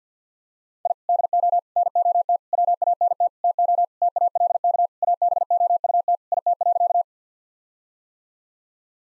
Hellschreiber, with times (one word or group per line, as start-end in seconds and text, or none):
none